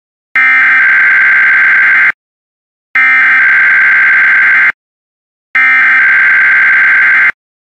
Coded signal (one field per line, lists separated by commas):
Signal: Emergency Alert System (SAME) tones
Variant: header bursts